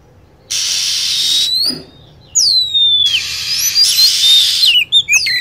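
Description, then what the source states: Lovebird calls: thin high whistles sweeping down and chirps, alternating with two long stretches of steady hiss, with a few scattered notes near the end. Lure sound used to attract lovebirds.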